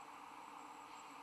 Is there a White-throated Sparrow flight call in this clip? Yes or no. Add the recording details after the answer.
no. No flight call is heard. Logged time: 10:04 on 15 December 2014